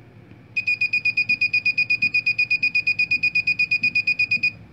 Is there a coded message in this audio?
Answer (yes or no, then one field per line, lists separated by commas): no